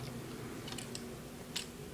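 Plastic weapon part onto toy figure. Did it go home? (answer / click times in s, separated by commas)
no / none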